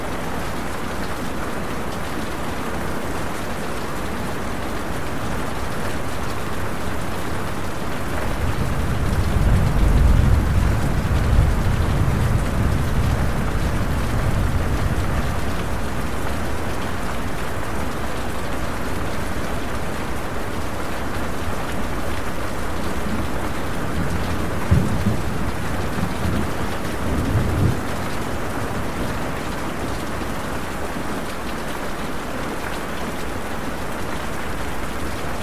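Steady rain hisses evenly throughout, a dense wash with no gaps. Around the tenth second a low rumble of thunder swells and rolls on for several seconds before fading. Brief low thumps near twenty-five and twenty-seven seconds punctuate the constant downpour.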